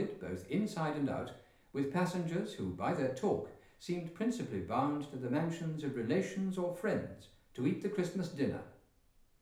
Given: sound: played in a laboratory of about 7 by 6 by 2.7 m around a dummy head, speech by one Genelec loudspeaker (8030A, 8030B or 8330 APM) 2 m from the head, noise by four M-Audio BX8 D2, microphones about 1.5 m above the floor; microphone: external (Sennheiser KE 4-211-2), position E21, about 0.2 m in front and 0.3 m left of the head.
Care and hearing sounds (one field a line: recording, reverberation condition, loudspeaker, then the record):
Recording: male speech in English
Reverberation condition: medium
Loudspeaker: 150 degrees to the left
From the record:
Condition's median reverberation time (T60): about 510 ms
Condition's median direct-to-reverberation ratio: about -0.5 dB